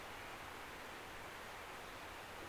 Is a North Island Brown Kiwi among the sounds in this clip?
no